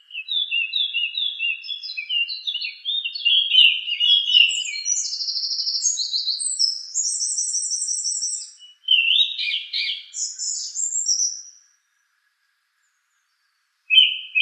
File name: suara-kicauan-burung-song-thrush 7-omkicau